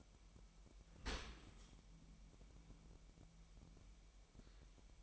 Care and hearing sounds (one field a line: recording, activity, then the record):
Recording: daily activity, microphone in the room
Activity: open dishwasher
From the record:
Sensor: 1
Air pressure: 998.3 hPa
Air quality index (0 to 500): 138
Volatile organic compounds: 4 ppm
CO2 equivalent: 1655 ppm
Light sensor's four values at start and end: 16/55/22/22 and 16/55/22/22